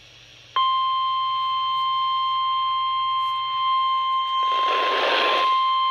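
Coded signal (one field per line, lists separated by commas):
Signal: Emergency Alert System (SAME) tones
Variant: 1050 Hz attention tone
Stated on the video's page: Required weekly test on a NOAA weather radio transmitter, read by a live human voice from the Mount Holly, NJ forecast office.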